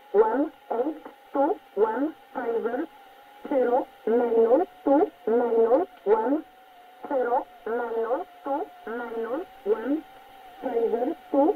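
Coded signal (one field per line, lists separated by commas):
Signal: numbers station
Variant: E11 Oblique, English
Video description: 13375 kHz 1113 Number Station E11 English.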